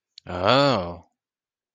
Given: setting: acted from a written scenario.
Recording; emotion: vocal sound without words; interest